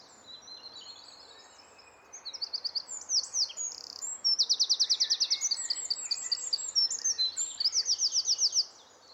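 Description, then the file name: Eurasian wren song: loud, very high rapid trills and chattering bursts, several trilled runs in quick succession. "Troglodytes troglodytes"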